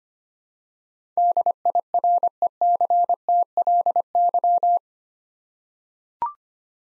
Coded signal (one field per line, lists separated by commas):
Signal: Morse code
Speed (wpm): 25 wpm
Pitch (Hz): 700 Hz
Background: none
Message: DIRECTLY